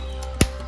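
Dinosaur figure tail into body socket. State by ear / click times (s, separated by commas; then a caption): seated / 0.4 s. The plastic tail of a Baryonyx dinosaur action figure is pushed into the socket on its body. A faint tick at 0.2 s comes just before a sharp click at 0.4 s as the tail seats into the body, over a steady low hum.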